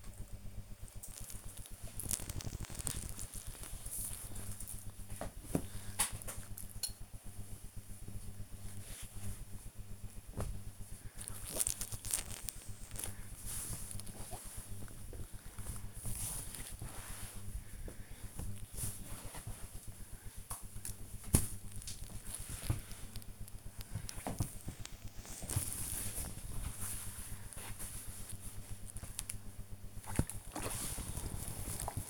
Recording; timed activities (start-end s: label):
household activities, microphone on the right wrist
0.00-19.86 s: folding laundry
30.92-32.10 s: ironing laundry